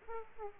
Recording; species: mosquito wingbeat signal from an infrared sensor; Aedes aegypti